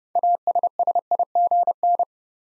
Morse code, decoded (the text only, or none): ASSIGN